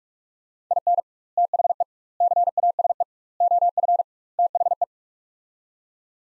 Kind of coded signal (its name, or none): Morse code